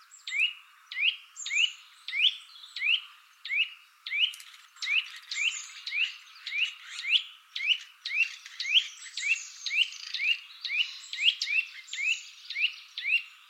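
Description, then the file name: Eurasian nuthatch uttering a long, steady run of clear, upward-slurred whistles, about two per second, becoming busier with faint high notes toward the end. "Sitta europaea"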